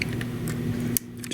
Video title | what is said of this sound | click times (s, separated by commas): Rebuilding My Compaq Portable's Keyboard! | that you want to hear that click see | 1.0 s